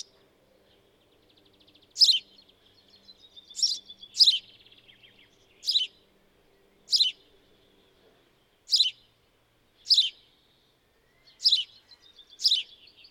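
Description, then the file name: House sparrow calls: loud, bright chirps repeated at irregular intervals after a quiet start. "Passer domesticus"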